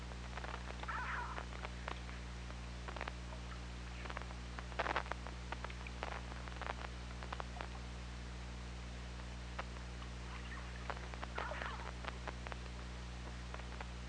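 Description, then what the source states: Killer whale pulsed calls: a short tonal burst early, another near the middle and one near the end, amid scattered sharp clicks and a constant low drone. Recorded underwater by OrcaLab hydrophone on 24 August 2017 at 21:22.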